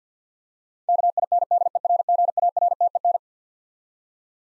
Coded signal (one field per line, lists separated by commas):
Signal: Morse code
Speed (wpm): 50 wpm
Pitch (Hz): 700 Hz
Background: none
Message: KINDERGARTEN